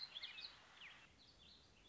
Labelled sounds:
Warbling Vireo (Vireo gilvus)
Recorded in Sonoma County, California

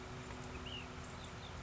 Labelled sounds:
Ash-throated Flycatcher (Myiarchus cinerascens)
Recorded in Sonoma County, California

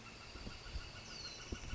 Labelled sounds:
Northern Flicker (Colaptes auratus)
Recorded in Sonoma County, California

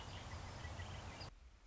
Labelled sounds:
Red-winged Blackbird (Agelaius phoeniceus)
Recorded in Sonoma County, California

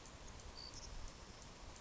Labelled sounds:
Savannah Sparrow (Passerculus sandwichensis)
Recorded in Sonoma County, California

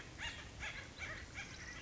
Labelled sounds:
Acorn Woodpecker (Melanerpes formicivorus)
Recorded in Sonoma County, California

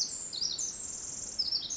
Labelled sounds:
Pacific Wren (Troglodytes pacificus)
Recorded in Sonoma County, California

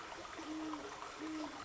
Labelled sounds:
Great Horned Owl (Bubo virginianus)
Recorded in Sonoma County, California

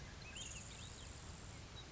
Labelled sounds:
Grasshopper Sparrow (Ammodramus savannarum)
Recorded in Sonoma County, California

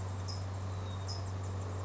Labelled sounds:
California Towhee (Melozone crissalis)
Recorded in Sonoma County, California

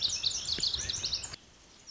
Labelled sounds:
Lazuli Bunting (Passerina amoena)
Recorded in Sonoma County, California

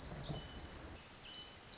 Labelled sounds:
Pacific Wren (Troglodytes pacificus)
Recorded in Sonoma County, California

